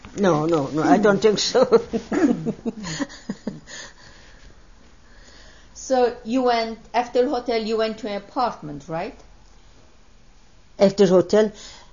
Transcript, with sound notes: No, no. I don't think so. ( she laughs )
So you went, after hotel you went to an apartment, right?
After hotel?